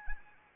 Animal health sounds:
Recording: mosquito wingbeat signal from an infrared sensor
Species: Anopheles arabiensis

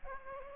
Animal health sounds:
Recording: mosquito wingbeat signal from an infrared sensor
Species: Aedes aegypti

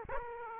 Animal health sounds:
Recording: mosquito wingbeat signal from an infrared sensor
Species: Aedes aegypti

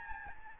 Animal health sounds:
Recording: mosquito wingbeat signal from an infrared sensor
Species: Aedes albopictus

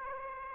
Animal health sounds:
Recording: mosquito wingbeat signal from an infrared sensor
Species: Aedes aegypti

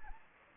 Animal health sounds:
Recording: mosquito wingbeat signal from an infrared sensor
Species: Anopheles gambiae

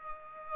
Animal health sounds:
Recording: mosquito wingbeat signal from an infrared sensor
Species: Aedes aegypti

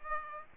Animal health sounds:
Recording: mosquito wingbeat signal from an infrared sensor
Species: Aedes aegypti

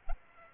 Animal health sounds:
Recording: mosquito wingbeat signal from an infrared sensor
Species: Aedes aegypti

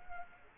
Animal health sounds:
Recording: mosquito wingbeat signal from an infrared sensor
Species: Culex quinquefasciatus

